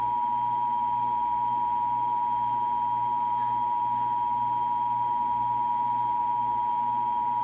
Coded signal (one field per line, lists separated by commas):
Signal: Emergency Alert System (SAME) tones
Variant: 853 and 960 Hz attention tone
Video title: (EAS #524-531) 2023 National Periodic Test